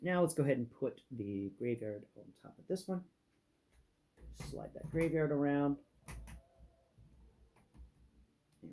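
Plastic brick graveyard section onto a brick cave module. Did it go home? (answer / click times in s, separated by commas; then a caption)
yes / 6.1 s. Someone talks while sliding a plastic brick graveyard section onto a brick cave module and pressing it down. A single sharp snap is heard at 6.1 s, and the section is seated in place.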